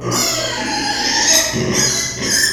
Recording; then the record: squeal of a Yucatan mini pig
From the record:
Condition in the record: before surgery on the right vocal fold (resection and tissue-engineered implant); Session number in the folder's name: 2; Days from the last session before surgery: 0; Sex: male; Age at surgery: 12 weeks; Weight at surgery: 13 kg